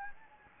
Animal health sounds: mosquito wingbeat signal from an infrared sensor; Anopheles gambiae

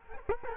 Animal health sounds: mosquito wingbeat signal from an infrared sensor; Culex quinquefasciatus

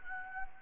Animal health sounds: mosquito wingbeat signal from an infrared sensor; Anopheles gambiae

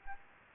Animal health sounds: mosquito wingbeat signal from an infrared sensor; Anopheles gambiae

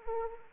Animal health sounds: mosquito wingbeat signal from an infrared sensor; Anopheles arabiensis

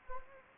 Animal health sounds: mosquito wingbeat signal from an infrared sensor; Anopheles arabiensis

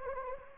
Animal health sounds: mosquito wingbeat signal from an infrared sensor; Anopheles gambiae

